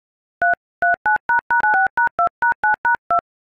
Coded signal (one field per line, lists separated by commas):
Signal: DTMF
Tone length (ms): 130 ms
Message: 339##96#2#9#2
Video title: Iphone IOS ring tone on dial pad.